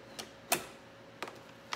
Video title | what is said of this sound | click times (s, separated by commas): NIMBUS PHOTO BOOTH SETUP. | what is against here you'll hear it click and it's | 1.8 s